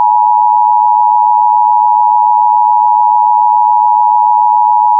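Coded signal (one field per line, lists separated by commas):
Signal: Emergency Alert System (SAME) tones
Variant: 853 and 960 Hz attention tone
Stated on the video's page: Fire warning tones delivered via IPAWS CAP for a fire in Coconino County, Arizona.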